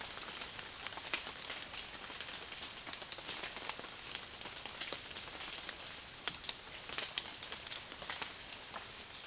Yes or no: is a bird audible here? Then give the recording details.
no. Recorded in secondary vegetation near Puerto Asís, Putumayo, Colombia, on 19 June 2025 at 17:00. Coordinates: 0.485, -76.322. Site GP06